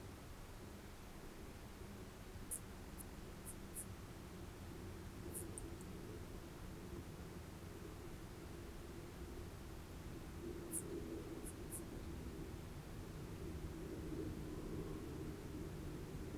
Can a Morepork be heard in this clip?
no